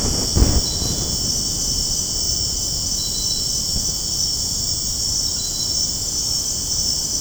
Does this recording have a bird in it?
no